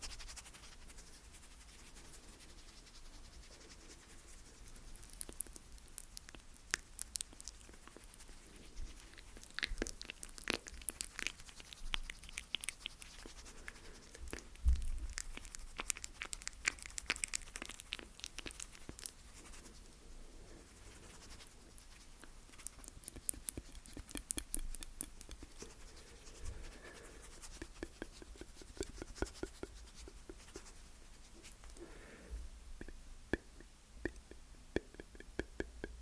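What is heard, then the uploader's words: Slow mouth sounds made of soft, wet clicks and pops, scattered unevenly over a quiet hush. The clicks are sharp and bright, bunching into busier stretches around the five-to-twelve and twenty-three-to-twenty-eight second marks, with sparser pauses between. ASMR Slow Mouth Sounds That Will Make You Tingle.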